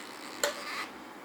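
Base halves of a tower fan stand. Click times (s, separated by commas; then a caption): 0.4 s. The two halves of a Dyson AM07 tower fan's base are lined up by their arrows and twisted together until they lock. A single sharp, bright click sounds at 0.4 s, followed by a brief, softer rustle. The base is seated and the base assembly is done.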